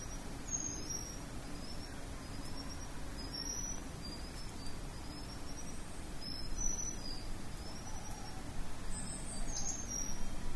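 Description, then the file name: Lompobatang flycatcher singing high, thin whistled phrases, repeated several times with brief pauses, against constant low rumbling noise. "sikatan lompobatang"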